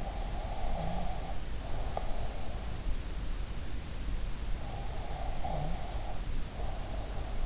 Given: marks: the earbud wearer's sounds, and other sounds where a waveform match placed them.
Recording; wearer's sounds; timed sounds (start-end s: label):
sounds in sleep by an in-ear microphone; breath
0.05-2.38 s: breath
4.90-7.46 s: breath